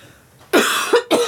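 An adult man gives three quick, harsh coughs in close succession, a brief bout of ordinary coughing.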